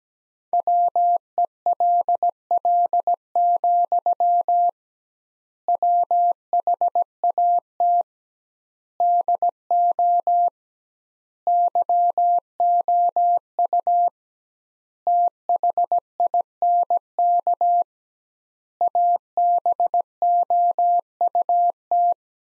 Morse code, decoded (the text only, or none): WELL, WHAT DO YOU THINK ABOUT